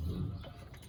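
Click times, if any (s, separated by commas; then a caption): none. A rubber spark plug wire boot is handled as it is pushed back down toward a new spark plug on a Chevy Silverado 5.3L V8. There is a low, rumbling handling noise that eases off slightly after about 0.4 s, with no sharp transient. Nothing has seated or clicked yet.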